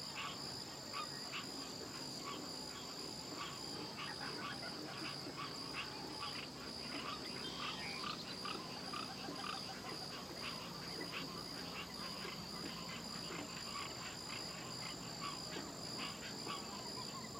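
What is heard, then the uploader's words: Outdoors on a lakeshore, a dense, steady chorus of animal calls runs without a break, full of quick, repeated chirps and honk-like notes. A thin, high, continuous whine sits above it all, and the overall loudness stays even throughout. Apopka Lake North Shore. On the north shore of Apopka Lake near Orlando Florida.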